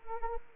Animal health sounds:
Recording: mosquito wingbeat signal from an infrared sensor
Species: Anopheles arabiensis

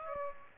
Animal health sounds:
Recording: mosquito wingbeat signal from an infrared sensor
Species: Aedes aegypti

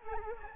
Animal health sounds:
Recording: mosquito wingbeat signal from an infrared sensor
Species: Anopheles gambiae

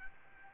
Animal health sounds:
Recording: mosquito wingbeat signal from an infrared sensor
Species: Aedes albopictus

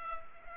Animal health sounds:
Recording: mosquito wingbeat signal from an infrared sensor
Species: Culex pipiens

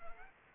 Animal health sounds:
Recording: mosquito wingbeat signal from an infrared sensor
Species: Anopheles arabiensis

